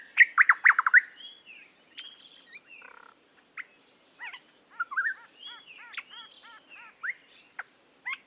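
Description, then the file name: Eastern nicator opens with a loud, rapid chattering burst, followed by scattered whistles and a run of repeated arched notes. "British Library - Eastern Nicator Nicator gularis"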